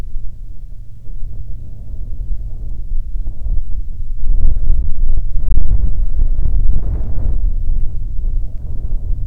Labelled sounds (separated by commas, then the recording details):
wind, aircraft
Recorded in the Prudhoe Bay oil fields, Alaska, on 22 August 2019 at 14:50
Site 13